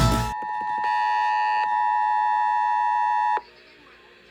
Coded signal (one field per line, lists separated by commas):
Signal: Emergency Alert System (SAME) tones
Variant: 853 and 960 Hz attention tone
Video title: (EAS #431 - #434) A POST HOLIDAY SLUMP - EAS Tests from 12/21/21 - 12/22/21